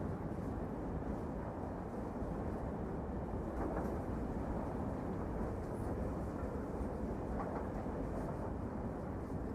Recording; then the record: background sound without coughing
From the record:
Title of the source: Train Ride Ambience ambient white noise for sleeping, focus, studying, reading